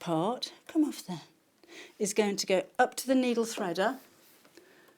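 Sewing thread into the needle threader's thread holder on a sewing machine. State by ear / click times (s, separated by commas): seated / 4.6 s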